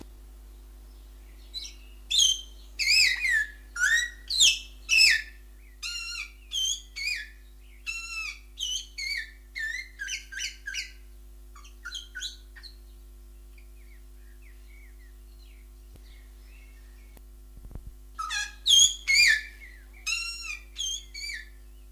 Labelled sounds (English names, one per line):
Greater Vasa Parrot call